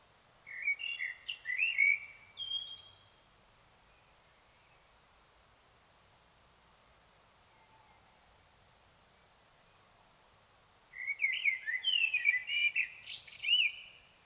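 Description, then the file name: Common blackbird song: two separate phrases of mellow fluted warbling, each ending in a high squeaky twitter, with a long quiet gap of about eight seconds between them. "Turdus merula"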